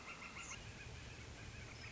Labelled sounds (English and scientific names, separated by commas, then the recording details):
Northern Flicker (Colaptes auratus)
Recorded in Sonoma County, California